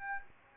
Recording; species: mosquito wingbeat signal from an infrared sensor; Aedes aegypti